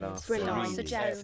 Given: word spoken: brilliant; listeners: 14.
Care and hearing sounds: one English word in noise, from a listening test; four-talker babble; -2.7 dB; 5 of 14; 8 of 14; 0.83 s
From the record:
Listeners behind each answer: 8, 5, 1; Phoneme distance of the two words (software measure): 57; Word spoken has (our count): 2 syllables, 7 phonemes, stress on syllable 1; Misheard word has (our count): 2 syllables, 6 phonemes, stress on syllable 2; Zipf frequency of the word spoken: 5.34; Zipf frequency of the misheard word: 4.63

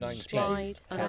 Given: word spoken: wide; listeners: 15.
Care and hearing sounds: one English word in noise, from a listening test; four-talker babble; -0.5 dB; 1 of 15; 9 of 15; 0.68 s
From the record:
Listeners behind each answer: 9, 3, 1, 1, 1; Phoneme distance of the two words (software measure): 17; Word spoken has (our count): 1 syllable, 3 phonemes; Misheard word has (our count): 1 syllable, 4 phonemes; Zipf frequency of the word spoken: 4.73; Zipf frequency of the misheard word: 3.12

